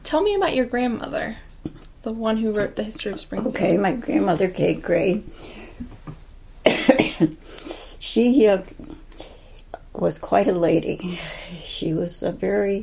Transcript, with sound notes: Tell me about your grandmother, the one who wrote The History of Springfield.
My grandmother, Kate Gray, [coughing] she was quite a lady. She was very